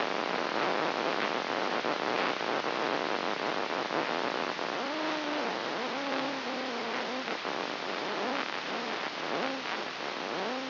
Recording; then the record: brain microelectrode recording played as sound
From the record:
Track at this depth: inside the subthalamic nucleus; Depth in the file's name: 5.712 mm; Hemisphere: left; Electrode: 3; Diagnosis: Parkinson's disease